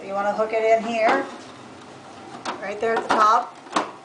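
Someone talks while hooking the plastic back cover of an air purifier in at the top of the housing and fitting it onto the unit, with short plastic handling knocks and scrapes between the words. The cover has not snapped or seated yet.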